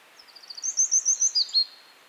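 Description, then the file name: Eurasian wren song fragment: soft quick ticking notes swell into a short series of loud, shrill, evenly spaced notes before fading. "Troglodytes troglodytes"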